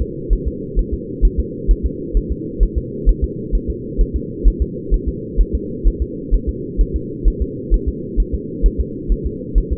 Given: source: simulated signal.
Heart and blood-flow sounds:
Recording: fetal heart sounds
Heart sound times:
0.02 s: S2
0.33 s: S1
0.47 s: S2
0.79 s: S1
0.94 s: S2
1.25 s: S1
1.40 s: S2
1.71 s: S1
1.86 s: S2
2.17 s: S1
2.32 s: S2
2.63 s: S1
2.78 s: S2
3.09 s: S1
3.24 s: S2
3.55 s: S1
3.70 s: S2
4.01 s: S1
4.16 s: S2
4.47 s: S1
4.62 s: S2
4.94 s: S1
5.09 s: S2
5.41 s: S1
5.55 s: S2
5.87 s: S1
6.02 s: S2
6.34 s: S1
6.49 s: S2
6.81 s: S1
6.96 s: S2
7.28 s: S1
7.42 s: S2
7.74 s: S1
7.88 s: S2
8.20 s: S1
8.34 s: S2
8.66 s: S1
8.80 s: S2
9.12 s: S1
9.27 s: S2
9.58 s: S1
9.73 s: S2
From the record:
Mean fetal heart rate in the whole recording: 130 bpm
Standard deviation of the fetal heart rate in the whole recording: 2 bpm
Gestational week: 36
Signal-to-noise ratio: -4.1 dB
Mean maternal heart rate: no maternal heart sound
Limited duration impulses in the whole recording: absent

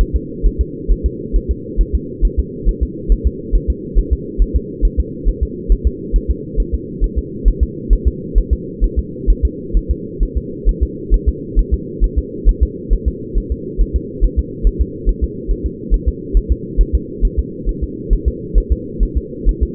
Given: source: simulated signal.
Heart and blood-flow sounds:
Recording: fetal heart sounds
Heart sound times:
0.01 s: S1
0.16 s: S2
0.46 s: S1
0.61 s: S2
0.92 s: S1
1.06 s: S2
1.36 s: S1
1.51 s: S2
1.81 s: S1
1.95 s: S2
2.25 s: S1
2.39 s: S2
2.69 s: S1
2.83 s: S2
3.12 s: S1
3.27 s: S2
3.55 s: S1
3.70 s: S2
3.99 s: S1
4.13 s: S2
4.42 s: S1
4.56 s: S2
4.85 s: S1
5.00 s: S2
5.29 s: S1
5.43 s: S2
5.72 s: S1
5.87 s: S2
6.16 s: S1
6.31 s: S2
6.60 s: S1
6.74 s: S2
7.04 s: S1
7.19 s: S2
7.48 s: S1
7.63 s: S2
7.93 s: S1
8.07 s: S2
8.38 s: S1
8.53 s: S2
8.84 s: S1
8.99 s: S2
9.30 s: S1
9.45 s: S2
9.77 s: S1
9.91 s: S2
10.23 s: S1
10.37 s: S2
10.69 s: S1
10.83 s: S2
11.14 s: S1
11.29 s: S2
11.59 s: S1
11.74 s: S2
12.04 s: S1
12.19 s: S2
12.49 s: S1
12.63 s: S2
12.93 s: S1
13.08 s: S2
13.38 s: S1
13.52 s: S2
13.81 s: S1
13.96 s: S2
14.25 s: S1
14.39 s: S2
14.67 s: S1
14.81 s: S2
15.09 s: S1
15.24 s: S2
15.51 s: S1
15.66 s: S2
15.94 s: S1
16.08 s: S2
16.37 s: S1
16.52 s: S2
16.81 s: S1
16.95 s: S2
17.25 s: S1
17.39 s: S2
17.69 s: S1
17.83 s: S2
18.13 s: S1
18.28 s: S2
18.58 s: S1
18.72 s: S2
19.03 s: S1
19.18 s: S2
19.49 s: S1
19.63 s: S2
From the record:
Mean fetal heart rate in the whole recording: 135 bpm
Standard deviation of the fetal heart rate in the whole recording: 3 bpm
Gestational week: 36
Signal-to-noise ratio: -4.1 dB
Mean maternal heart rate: no maternal heart sound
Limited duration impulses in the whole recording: absent

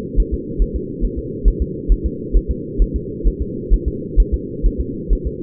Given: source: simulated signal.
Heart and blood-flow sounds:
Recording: fetal heart sounds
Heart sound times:
0.20 s: S1
0.34 s: S2
0.62 s: S1
0.76 s: S2
1.04 s: S1
1.19 s: S2
1.48 s: S1
1.62 s: S2
1.92 s: S1
2.06 s: S2
2.37 s: S1
2.51 s: S2
2.82 s: S1
2.96 s: S2
3.28 s: S1
3.42 s: S2
3.74 s: S1
3.88 s: S2
4.20 s: S1
4.34 s: S2
4.66 s: S1
4.81 s: S2
5.13 s: S1
5.27 s: S2
From the record:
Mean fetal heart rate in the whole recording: 135 bpm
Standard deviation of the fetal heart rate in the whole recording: 3 bpm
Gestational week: 36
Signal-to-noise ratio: -4.1 dB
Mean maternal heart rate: no maternal heart sound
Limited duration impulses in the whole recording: absent

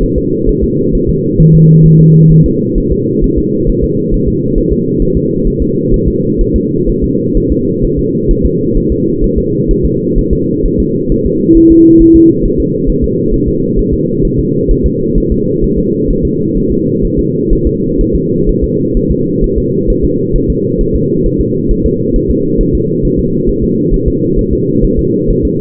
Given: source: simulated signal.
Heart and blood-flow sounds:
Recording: fetal heart sounds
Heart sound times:
0.03 s: S1
0.18 s: S2
0.49 s: S1
0.64 s: S2
0.95 s: S1
1.09 s: S2
1.40 s: S1
1.55 s: S2
1.86 s: S1
2.00 s: S2
2.32 s: S1
2.46 s: S2
2.78 s: S1
2.92 s: S2
3.24 s: S1
3.38 s: S2
3.69 s: S1
3.84 s: S2
4.14 s: S1
4.29 s: S2
4.58 s: S1
4.73 s: S2
5.02 s: S1
5.17 s: S2
5.47 s: S1
5.62 s: S2
5.94 s: S1
6.08 s: S2
6.41 s: S1
6.56 s: S2
6.89 s: S1
7.04 s: S2
7.37 s: S1
7.52 s: S2
7.84 s: S1
7.99 s: S2
8.31 s: S1
8.46 s: S2
8.77 s: S1
8.92 s: S2
9.24 s: S1
9.38 s: S2
9.71 s: S1
9.86 s: S2
10.18 s: S1
10.33 s: S2
10.66 s: S1
10.80 s: S2
11.12 s: S1
11.26 s: S2
11.57 s: S1
11.72 s: S2
12.02 s: S1
12.16 s: S2
12.46 s: S1
12.60 s: S2
12.89 s: S1
13.04 s: S2
13.34 s: S1
13.48 s: S2
13.79 s: S1
13.94 s: S2
14.25 s: S1
14.39 s: S2
14.71 s: S1
14.86 s: S2
15.18 s: S1
15.32 s: S2
15.64 s: S1
15.79 s: S2
16.11 s: S1
16.25 s: S2
16.57 s: S1
16.72 s: S2
17.05 s: S1
17.19 s: S2
17.53 s: S1
17.67 s: S2
18.01 s: S1
18.16 s: S2
18.49 s: S1
18.64 s: S2
18.97 s: S1
19.11 s: S2
19.44 s: S1
19.58 s: S2
19.90 s: S1
20.05 s: S2
20.36 s: S1
20.50 s: S2
20.81 s: S1
20.95 s: S2
21.26 s: S1
21.41 s: S2
21.71 s: S1
21.86 s: S2
22.16 s: S1
22.31 s: S2
22.61 s: S1
22.75 s: S2
23.05 s: S1
23.19 s: S2
23.49 s: S1
23.64 s: S2
23.94 s: S1
24.08 s: S2
24.39 s: S1
24.53 s: S2
24.84 s: S1
24.99 s: S2
25.30 s: S1
25.45 s: S2
From the record:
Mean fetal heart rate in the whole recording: 130 bpm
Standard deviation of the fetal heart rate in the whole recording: 4 bpm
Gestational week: 38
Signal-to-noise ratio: -11.2 dB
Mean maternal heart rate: 72 bpm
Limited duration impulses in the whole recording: present

